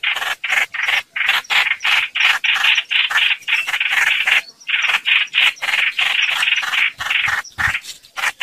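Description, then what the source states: Red-whiskered bulbul calling with rasping notes, several per second, with brief gaps in the series. Distress call, a bird calling for help.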